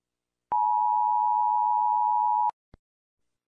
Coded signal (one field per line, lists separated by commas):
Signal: Emergency Alert System (SAME) tones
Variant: 853 and 960 Hz attention tone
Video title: US EAS alarm sound effect